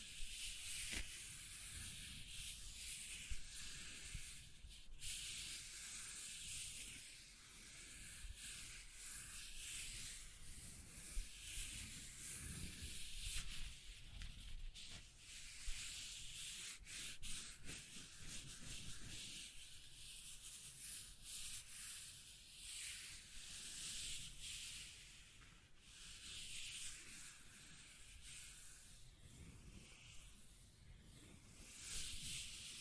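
Scratching and tracing sounds: a continuous dry, rasping rub that stays bright and hissy for all 33 seconds. The strokes shift in pressure and texture, with short breaks and sharper scrapes near 5, 15, 20 and 26 seconds, and a low rumble underneath at times.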